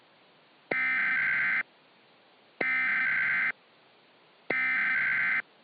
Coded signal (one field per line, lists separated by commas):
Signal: Emergency Alert System (SAME) tones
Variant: header bursts